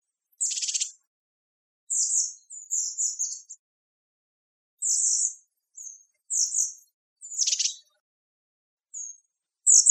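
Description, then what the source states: Bird calls: short, very high chirps and double notes in irregular bursts, some with a buzzy rasp, separated by silent gaps, with no other sounds. Mechanical calls.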